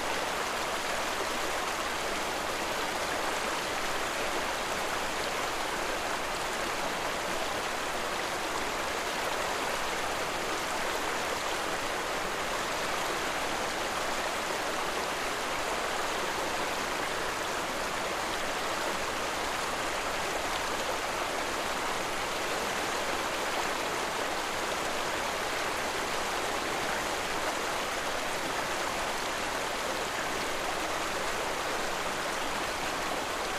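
A rushing river pours steadily and unchanging, a dense hiss of bright splashing water with little low rumble underneath.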